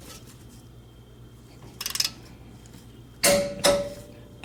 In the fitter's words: I hope you can hear the torque wrench click